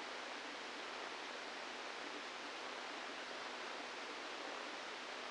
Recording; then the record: brain microelectrode recording played as sound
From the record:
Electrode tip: outside the subthalamic nucleus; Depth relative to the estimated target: 3 mm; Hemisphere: left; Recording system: NeuroSet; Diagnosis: Parkinson's disease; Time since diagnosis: 17 years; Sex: male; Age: 64 years